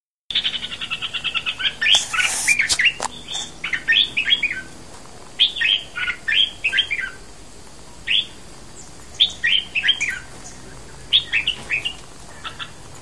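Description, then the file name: Bulbul song, lively bursts of liquid chattering notes in quick phrases separated by short pauses. "merbah lekir. omkicau"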